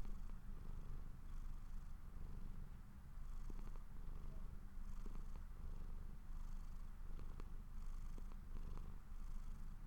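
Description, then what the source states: Low, steady cat purr running throughout, rising and falling gently with each breath, light clicks. Owner's pet cat purring while falling asleep.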